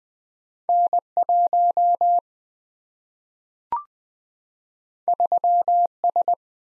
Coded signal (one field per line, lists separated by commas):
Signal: Morse code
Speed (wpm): 20 wpm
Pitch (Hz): 700 Hz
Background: none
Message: N1 3S